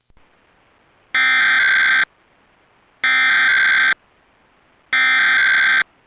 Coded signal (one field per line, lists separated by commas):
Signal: Emergency Alert System (SAME) tones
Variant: header bursts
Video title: (EAS #56) (Suddenlink / Optimum) Required Monthly Test For Ohio (2/14/2024)